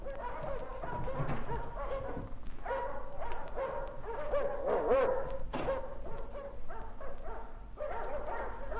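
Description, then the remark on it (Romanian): Dogs bark repeatedly in sharp, overlapping bursts, with some higher yips mixed in, fairly loud against a steady low background hum, with no voices. “De ce-or fi lătrând oare câini?”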